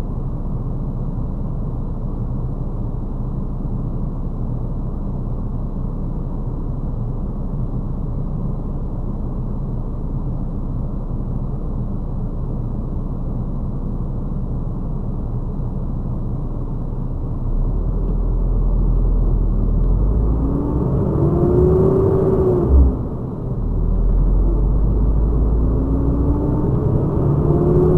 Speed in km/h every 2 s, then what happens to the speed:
0, 0, 0, 0, 0, 0, 0, 0, 0, 3, 17, 18, 25, 34.
0-17 standing. 17-28 pulls away to 34.